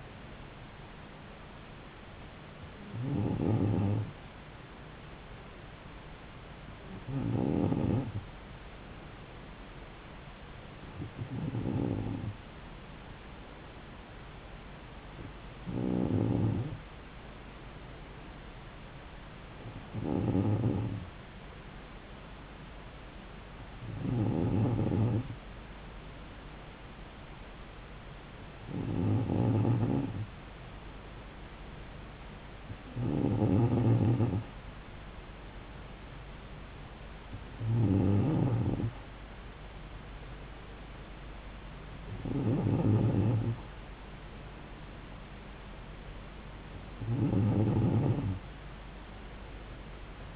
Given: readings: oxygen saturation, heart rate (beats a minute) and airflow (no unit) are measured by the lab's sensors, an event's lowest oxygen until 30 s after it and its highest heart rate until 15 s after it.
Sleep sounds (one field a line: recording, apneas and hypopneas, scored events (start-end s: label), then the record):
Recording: breathing in sleep by a voice recorder at the bedside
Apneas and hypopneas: none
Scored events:
none scored
From the record:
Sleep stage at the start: N2 (light sleep)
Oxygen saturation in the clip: 94%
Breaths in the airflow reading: 11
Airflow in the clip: -3.3 to 3.5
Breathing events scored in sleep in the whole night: 270 in 6.1 hours asleep